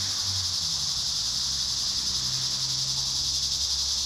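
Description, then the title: Cicadas buzzing together in a constant high hiss, with a soft low rumbling hum running beneath. Cicadas at Trinity. "neoscenes: cicadas at Trinity"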